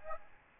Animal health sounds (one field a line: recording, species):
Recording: mosquito wingbeat signal from an infrared sensor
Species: Aedes albopictus